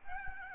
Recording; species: mosquito wingbeat signal from an infrared sensor; Aedes albopictus